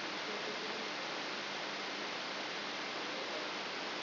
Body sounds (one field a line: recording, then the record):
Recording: brain microelectrode recording played as sound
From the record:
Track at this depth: inside the subthalamic nucleus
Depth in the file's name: 3.902 mm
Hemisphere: left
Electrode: 3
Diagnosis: Parkinson's disease